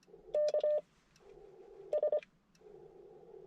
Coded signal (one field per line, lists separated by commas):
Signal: Morse code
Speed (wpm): 24 wpm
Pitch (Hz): 600 Hz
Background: none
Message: K S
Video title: CW Parks On The Air with the IC-705 and Gabil GRA-7350TC at Tracy Creek State Forest